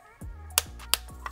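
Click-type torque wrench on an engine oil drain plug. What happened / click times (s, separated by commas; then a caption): The torque wrench clicked at its set torque / 0.6 s. A click-type torque wrench set to 25 Nm tightens the engine oil drain plug on a BMW 330i (B48/B46) until it clicks at the setting. A sharp click is heard at 0.6 s, followed by two more sharp transients at about 0.9 s and 1.3 s, over a steady low hum. The drain plug is confirmed torqued to 25 Nm.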